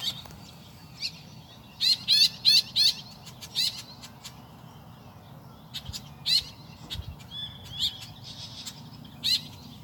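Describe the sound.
Woodswallow calling with brisk, scratchy chirps, some in quick runs of three or four, then scattered single notes with pauses between.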